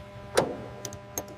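A torque wrench tightens a fastener on the hull of an M109A7 Paladin self-propelled howitzer until it clicks at its set torque. Three sharp clicks sound at 0.4 s, 0.9 s and 1.2 s over a low steady hum, with a fainter tick at 0.9 s. The fastener is confirmed secured.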